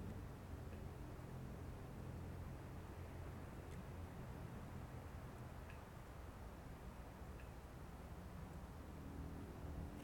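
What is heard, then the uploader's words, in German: Gusty wind roars steadily before rain, a dense, constant rush weighted toward low rumbling tones with slow swells in strength. A few faint, brief ticks or knocks sound around the fourth, sixth and seventh seconds, set against the continuous blowing outdoors. Boeiger Wind vor dem Regen. Hatten für 19:00 Sturm angekündigt. Da ich dies vor dem Fuchsbau gemacht habe, weiss ich nicht, ob das alles nur Blätter und Zweige waren.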